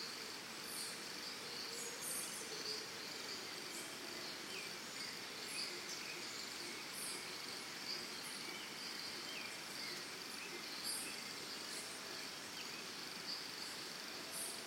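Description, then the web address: Crickets in a dense, steady high trill over a constant hiss. Recorded in the early morning in Costa Rica, in forest or jungle. "Big Room Sound Birds Crickets Costa Rica"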